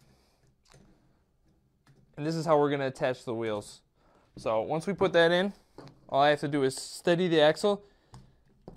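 A wheel is handled at the end of the metal axle of a Wellmax WM99024S folding grocery utility shopping cart while the axle is held steady, with faint handling ticks around 0.7 s, 1.9 s, 8.1 s and 8.7 s. Someone talks through most of the clip. The wheel has not clicked onto the axle or seated yet.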